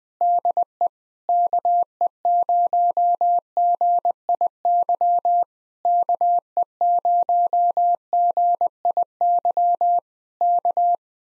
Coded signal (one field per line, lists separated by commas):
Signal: Morse code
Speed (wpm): 20 wpm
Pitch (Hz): 700 Hz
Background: none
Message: DE KE0GIY KE0GIY K